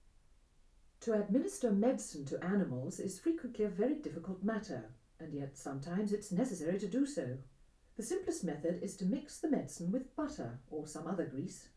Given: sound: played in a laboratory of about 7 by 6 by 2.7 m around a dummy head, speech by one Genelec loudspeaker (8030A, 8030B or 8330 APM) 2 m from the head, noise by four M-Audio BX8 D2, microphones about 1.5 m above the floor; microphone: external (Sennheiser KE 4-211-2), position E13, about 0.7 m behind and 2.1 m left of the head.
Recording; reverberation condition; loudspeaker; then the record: female speech in English; low; behind (180 degrees)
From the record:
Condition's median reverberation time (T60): about 310 ms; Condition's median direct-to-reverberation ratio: about 3.5 dB